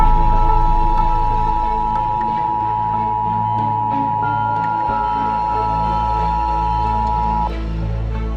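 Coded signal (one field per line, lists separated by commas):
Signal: Emergency Alert System (SAME) tones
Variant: 853 and 960 Hz attention tone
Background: music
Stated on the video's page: Fictional zombie-themed EAS scenario.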